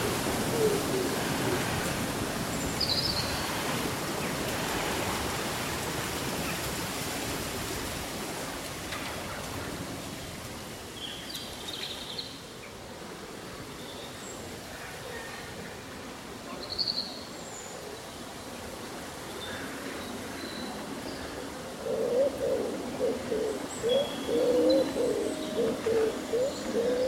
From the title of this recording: Breezy Summer Day Rustling Leaves and Birdsong